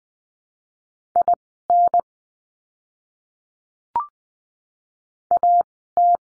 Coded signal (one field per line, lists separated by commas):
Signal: Morse code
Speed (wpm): 20 wpm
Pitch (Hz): 700 Hz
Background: none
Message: IN AT